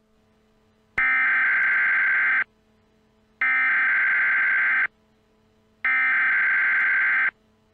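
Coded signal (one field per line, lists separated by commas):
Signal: Emergency Alert System (SAME) tones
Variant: header bursts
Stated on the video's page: Fictional EAS scenario, not a real alert.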